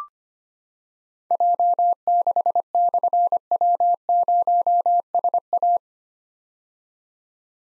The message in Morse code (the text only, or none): J6/W0SA